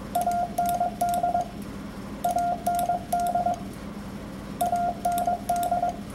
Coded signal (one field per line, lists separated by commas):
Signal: Morse code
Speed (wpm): 22 wpm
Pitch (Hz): 1400 Hz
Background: none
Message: AND AND AND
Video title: Ham Radio Morse Code